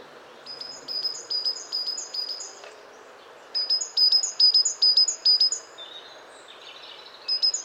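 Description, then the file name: Great tit song: bright two-note phrases repeated in quick bursts with pauses between, over a low steady hiss. "Parus major"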